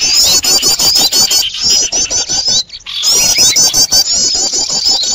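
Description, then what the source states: Birds chattering loudly in a dense, high-pitched chorus of rapid squeaky notes, mixed with sharp clicking ticks, with a brief lull near the middle. Noisy bird chatter, used as a lure for trapping birds.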